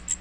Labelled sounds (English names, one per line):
Magnolia Warbler flight call